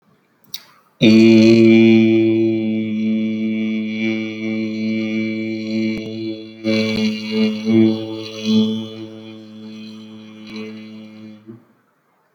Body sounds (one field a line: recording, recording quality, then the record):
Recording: sustained vowel as in beet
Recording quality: excellent, no background noise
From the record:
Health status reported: recovered from COVID-19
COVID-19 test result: positive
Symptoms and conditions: none ticked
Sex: male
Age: 22 years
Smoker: not ticked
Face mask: not worn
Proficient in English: yes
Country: India